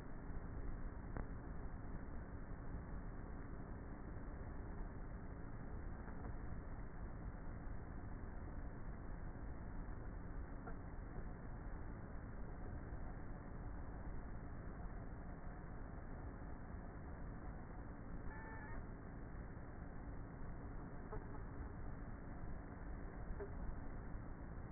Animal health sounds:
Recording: honeybee colony, microphone inside the hive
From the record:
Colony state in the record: queenless with a low population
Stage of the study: before two queens were removed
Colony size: about 30,000 bees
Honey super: no

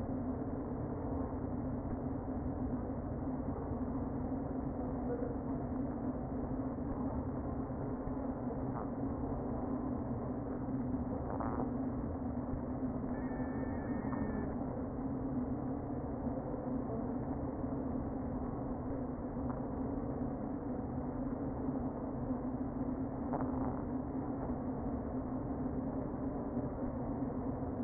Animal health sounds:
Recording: honeybee colony, microphone inside the hive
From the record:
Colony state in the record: queen present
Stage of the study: before two queens were removed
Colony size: about 60,000 bees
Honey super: yes

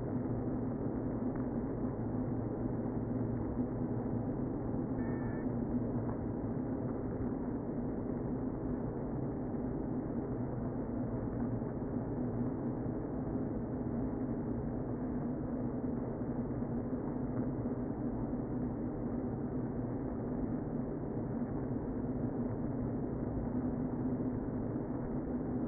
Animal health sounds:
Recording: honeybee colony, microphone inside the hive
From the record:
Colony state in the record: queen present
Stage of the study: before two queens were removed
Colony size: about 60,000 bees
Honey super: yes

